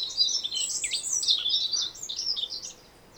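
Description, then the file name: European greenfinch: dense, fast twittering of a European greenfinch, a jumbled run of high chirps and trills that fades out toward the end. "Chloris chloris"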